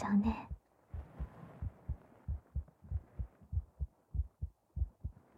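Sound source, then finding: Heart via binaural microphone held to chest. Heartbeat.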